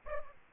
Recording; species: mosquito wingbeat signal from an infrared sensor; Aedes aegypti